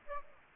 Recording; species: mosquito wingbeat signal from an infrared sensor; Aedes aegypti